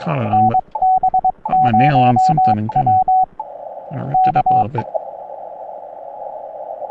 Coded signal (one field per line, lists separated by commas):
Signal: Morse code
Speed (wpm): 22 wpm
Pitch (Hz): 750 Hz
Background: speech, radio noise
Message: NB0W K